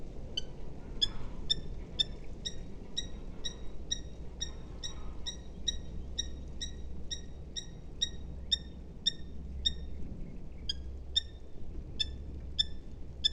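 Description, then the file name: Eurasian hobby giving a long, even series of sharp, high repeated notes, about two per second, pausing briefly once; low steady hum underneath. "Alcotan europeo Falco subbuteo"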